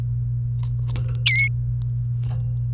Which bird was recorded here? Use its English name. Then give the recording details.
Domestic Canary. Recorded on 28 April 2018 at 07:02. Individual llb3